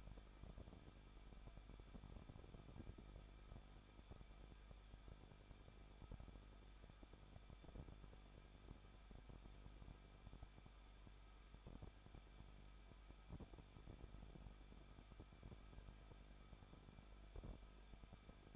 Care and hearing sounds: daily activity, microphone in the room; no activity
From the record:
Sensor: 5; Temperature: 20.8 degrees Celsius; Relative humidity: 38.2%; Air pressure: 1006.6 hPa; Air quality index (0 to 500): 186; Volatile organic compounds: 18 ppm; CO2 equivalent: 2608 ppm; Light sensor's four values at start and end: 2/3/1/1 and 2/3/1/1

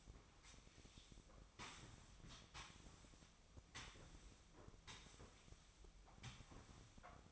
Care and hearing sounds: daily activity, microphone in the room; sweep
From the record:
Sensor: 1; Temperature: 24.0 degrees Celsius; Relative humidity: 35.2%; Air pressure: 1004.7 hPa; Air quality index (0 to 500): 97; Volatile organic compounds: 3 ppm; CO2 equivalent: 1324 ppm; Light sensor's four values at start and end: 9/21/8/9 and 9/22/8/9

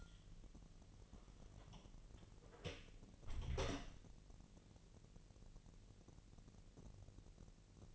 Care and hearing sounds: daily activity, microphone in the room; close door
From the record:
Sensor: 4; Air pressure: 1002.2 hPa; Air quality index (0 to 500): 248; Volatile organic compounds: 41 ppm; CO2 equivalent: 3170 ppm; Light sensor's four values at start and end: 9/20/8/7 and 9/20/8/7

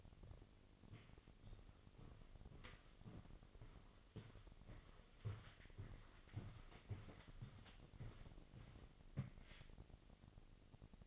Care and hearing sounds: daily activity, microphone in the room; walk to room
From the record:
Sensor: 4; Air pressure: 1000.3 hPa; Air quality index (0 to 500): 210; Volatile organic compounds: 21 ppm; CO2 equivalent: 2708 ppm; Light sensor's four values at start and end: 9/21/8/8 and 9/19/8/7

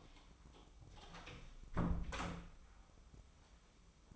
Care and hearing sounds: daily activity, microphone in the room; close door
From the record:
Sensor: 1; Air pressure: 996.1 hPa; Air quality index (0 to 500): 56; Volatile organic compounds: 3 ppm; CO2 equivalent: 1343 ppm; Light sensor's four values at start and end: 14/33/14/16 and 14/32/14/15

